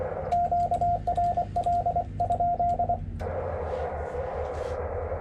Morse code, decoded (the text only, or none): QRL?